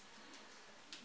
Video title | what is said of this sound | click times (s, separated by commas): Монопод в Каталоге Oriflame №10 с Булавцевым Михаилом, 14.07.16 | Можно вот всё телефон зафиксировался | 0.9 s